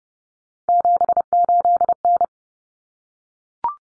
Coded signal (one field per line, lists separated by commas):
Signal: Morse code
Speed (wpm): 28 wpm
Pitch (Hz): 700 Hz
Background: none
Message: 78N